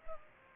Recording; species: mosquito wingbeat signal from an infrared sensor; Culex pipiens